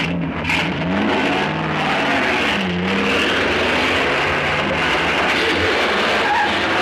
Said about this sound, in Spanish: monta en su coche y le persigue.